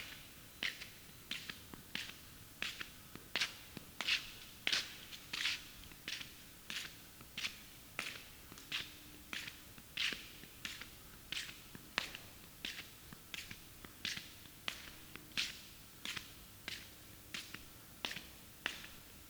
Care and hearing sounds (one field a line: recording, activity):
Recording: daily activity, guitar pickup as the sensor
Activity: walk